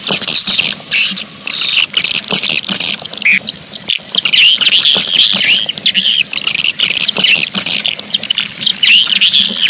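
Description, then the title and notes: Swiftlet chirping calls, many high, squeaky notes overlapping in a busy chatter, with a soft low hum running underneath. Swiftlet sound used in swiftlet bird farming in Asia. "Swiflet Bird Sound. Farming Swiflet Bird asia sound"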